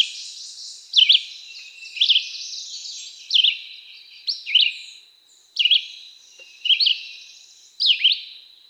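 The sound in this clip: Red-eyed Vireo singing a steady series of short whistled phrases, each slurring down then up, about one per second over a high background hiss.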